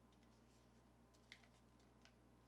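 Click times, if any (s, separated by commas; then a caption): none. A plastic Bionik QuickShot trigger stopper is pushed onto a PS4 controller trigger from the bottom up, after adhesive tape has been applied to it. Against a steady low hum, a sharp tick comes at 1.3 s and a fainter one at 2.1 s. Nothing has seated or clicked yet.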